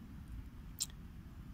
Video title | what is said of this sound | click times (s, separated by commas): The Byrd Tern and Mora 546 | it just has that satisfying tactile feel and that meaty sound of it locking and clicking into place | 0.8 s